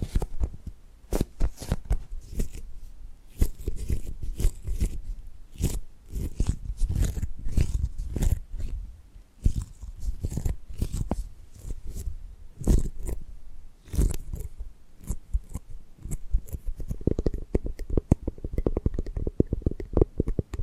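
Quick tapping and gripping sounds follow one another almost without pause, sharp clicks and soft knocks mixed with a dull, crunching rustle. The pace is busy and uneven, with brief lulls near ten and thirteen seconds, and a fuller, lower rubbing texture takes over in the last few seconds.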